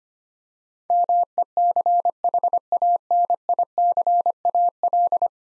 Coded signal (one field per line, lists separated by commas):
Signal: Morse code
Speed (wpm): 25 wpm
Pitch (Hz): 700 Hz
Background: none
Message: MECHANICAL